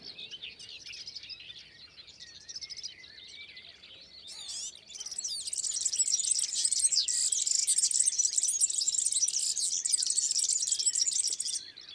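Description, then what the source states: European Serin song, a fast, fizzy, high jingle that is faint at first, then swells into a dense, continuous glittering trill through the second half. Song in the first morning sunshine on 25–26 May 2019 at Lesches and Saint-Dizier-en-Diois; recorded on a Nagra Seven with two MKH40 and 8020 microphones.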